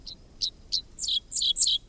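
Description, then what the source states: Dickcissel song: three short sharp chips followed by a rapid buzzy, stuttering burst of high notes. Singing on a fence line along a country road in Kansas on a summer morning; odd, quirky song, half insect, half sci-fi blaster; the name dickcissel spells out its song's syllables.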